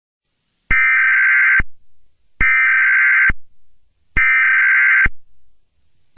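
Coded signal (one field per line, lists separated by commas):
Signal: Emergency Alert System (SAME) tones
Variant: header bursts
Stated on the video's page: Fictional school emergency alert system concept, not a real alert.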